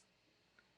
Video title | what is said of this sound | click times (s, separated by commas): Tipsy Tuesday | makes an audible click which I appreciate | 0.6 s